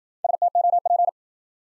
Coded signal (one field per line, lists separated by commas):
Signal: Morse code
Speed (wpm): 53 wpm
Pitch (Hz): 700 Hz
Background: none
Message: STOP